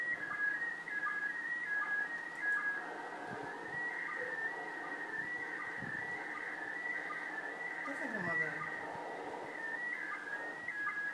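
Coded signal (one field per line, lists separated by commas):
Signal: SSTV (slow-scan television)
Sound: steady warbling tone shifting pitch, with short regular low chirps, continuous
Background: radio static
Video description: showing the computer decoding the sstv pics from the iss in vk3 using my ic 7100 and a 9 element lfa antenna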